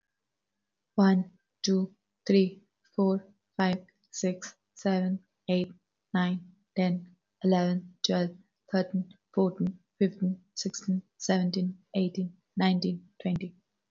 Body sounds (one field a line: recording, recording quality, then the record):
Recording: counting at a normal pace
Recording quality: excellent, no background noise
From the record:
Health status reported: healthy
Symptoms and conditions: none ticked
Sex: female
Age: 27 years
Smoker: not ticked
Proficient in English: yes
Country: India